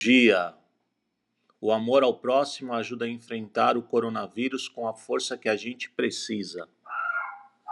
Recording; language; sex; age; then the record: spoken sentence; Brazilian Portuguese; male; 40 to 49 years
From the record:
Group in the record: control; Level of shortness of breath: 0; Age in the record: 48 years